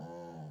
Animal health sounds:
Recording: pig call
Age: piglet (1 to 25 days)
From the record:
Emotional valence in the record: negative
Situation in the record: long isolation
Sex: female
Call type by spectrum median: low-frequency call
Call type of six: low-frequency stable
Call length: 0.51 s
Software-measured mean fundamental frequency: 51 Hz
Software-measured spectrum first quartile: 186 Hz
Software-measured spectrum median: 392 Hz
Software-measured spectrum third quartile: 675 Hz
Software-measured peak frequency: 163 Hz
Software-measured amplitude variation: 44 dB a second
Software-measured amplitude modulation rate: 20.5 a second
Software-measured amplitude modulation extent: 2.1 dB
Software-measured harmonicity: 3.6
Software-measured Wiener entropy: -0.17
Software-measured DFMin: 645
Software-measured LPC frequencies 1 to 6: 701, 3010, 4562, 5595, 6499, 7185 Hz

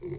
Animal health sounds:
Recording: pig call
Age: weaner (32 to 43 days)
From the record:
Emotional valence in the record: negative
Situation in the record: long isolation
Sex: female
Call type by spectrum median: low-frequency call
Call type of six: low-frequency stable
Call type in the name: low-frequency stable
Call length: 0.19 s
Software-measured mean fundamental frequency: 55 Hz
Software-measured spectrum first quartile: 206 Hz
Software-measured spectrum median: 346 Hz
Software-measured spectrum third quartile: 533 Hz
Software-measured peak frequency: 355 Hz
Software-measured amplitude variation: 145 dB a second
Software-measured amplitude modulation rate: 13.3 a second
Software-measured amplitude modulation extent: 10.9 dB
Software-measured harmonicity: 8.0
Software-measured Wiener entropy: -0.20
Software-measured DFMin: 1239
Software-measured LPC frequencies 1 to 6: 354, 2108, 4030, 5166, 6125, 6606 Hz

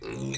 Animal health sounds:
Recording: pig call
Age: weaner (32 to 43 days)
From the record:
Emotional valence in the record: negative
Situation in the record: long isolation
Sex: female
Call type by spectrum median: low-frequency call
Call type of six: low-frequency modulated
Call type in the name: high-frequency modulated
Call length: 0.38 s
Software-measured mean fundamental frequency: 61 Hz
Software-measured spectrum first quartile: 252 Hz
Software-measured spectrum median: 1003 Hz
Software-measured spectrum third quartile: 4276 Hz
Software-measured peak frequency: 357 Hz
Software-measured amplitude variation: 89 dB a second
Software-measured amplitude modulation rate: 23.9 a second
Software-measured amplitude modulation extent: 3.7 dB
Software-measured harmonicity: 3.7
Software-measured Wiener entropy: -3.25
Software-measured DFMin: 729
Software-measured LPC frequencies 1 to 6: 346, 1141, 2018, 2536, 3953, 4734 Hz

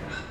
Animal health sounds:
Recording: pig call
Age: growing-finishing pig (85 days or more)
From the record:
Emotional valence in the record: positive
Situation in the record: run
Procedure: transit

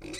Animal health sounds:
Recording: pig call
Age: weaner (32 to 43 days)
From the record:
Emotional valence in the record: negative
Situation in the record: novel object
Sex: female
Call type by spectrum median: low-frequency call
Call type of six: mixed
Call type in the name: high-frequency modulated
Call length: 0.19 s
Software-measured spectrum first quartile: 325 Hz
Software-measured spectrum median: 1758 Hz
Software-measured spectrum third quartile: 4441 Hz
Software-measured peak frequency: 328 Hz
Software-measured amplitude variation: 148 dB a second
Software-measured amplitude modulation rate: 18.0 a second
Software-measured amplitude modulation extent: 8.2 dB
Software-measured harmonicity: 2.6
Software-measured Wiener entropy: -2.73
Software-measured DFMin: 704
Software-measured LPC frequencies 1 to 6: 378, 2121, 2513, 3945, 4648, 5476 Hz

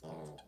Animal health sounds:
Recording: pig call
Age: piglet (1 to 25 days)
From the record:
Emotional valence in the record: negative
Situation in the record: castration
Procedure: castration, cut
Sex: male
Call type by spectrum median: low-frequency call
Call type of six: mixed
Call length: 0.48 s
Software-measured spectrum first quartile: 266 Hz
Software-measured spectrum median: 518 Hz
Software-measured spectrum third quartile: 1029 Hz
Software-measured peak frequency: 388 Hz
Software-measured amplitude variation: 114 dB a second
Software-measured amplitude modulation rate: 12.6 a second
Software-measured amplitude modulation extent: 9.0 dB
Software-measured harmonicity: 0.5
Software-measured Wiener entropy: -0.17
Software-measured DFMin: 942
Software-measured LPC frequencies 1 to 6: 612, 2184, 3278, 4227, 4897, 5784 Hz

